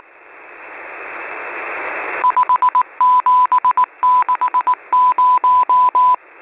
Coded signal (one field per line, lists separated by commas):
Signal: Morse code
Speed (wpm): 19 wpm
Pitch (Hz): 1000 Hz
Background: none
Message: 5760